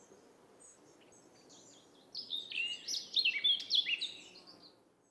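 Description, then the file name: Eurasian blackcap with one rich warbling phrase of quick mixed notes rising in loudness, after a few faint high notes, over low background noise. "Sylvia atricapilla"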